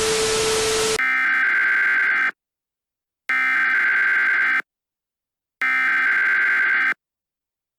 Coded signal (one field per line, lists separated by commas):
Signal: Emergency Alert System (SAME) tones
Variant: header bursts